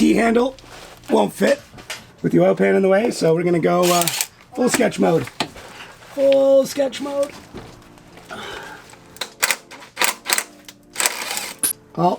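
Because a T-handle won't fit with the oil pan in the way, a thread tap is driven with a drill into a hole in a metal bracket near the oil pan of a 1995 BMW 540i. Someone talks, then a burst of short, sharp knocks sounds between about 9.4 and 11.1 s. The drill bottoms out and keeps turning, so the tap spins in place and strips the threads it just cut; nothing has seated or clicked into place.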